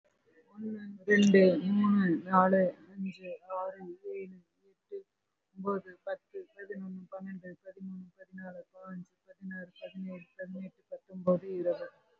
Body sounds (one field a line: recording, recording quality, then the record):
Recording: counting at a normal pace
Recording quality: excellent, no background noise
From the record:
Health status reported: respiratory illness, not identified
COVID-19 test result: negative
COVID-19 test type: RT-PCR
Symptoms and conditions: breathing difficulty, muscle pain, another respiratory illness, another condition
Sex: female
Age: 37 years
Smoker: no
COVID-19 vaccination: one dose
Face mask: worn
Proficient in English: no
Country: India